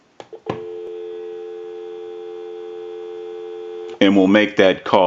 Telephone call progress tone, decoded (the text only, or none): dial tone